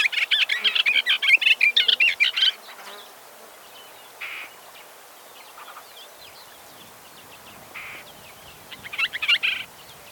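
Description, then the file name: Booted warbler song: a rapid chattering burst of dry, buzzy notes for about two and a half seconds, then faint scattered chips and a short closing burst near the end. "bormotushka"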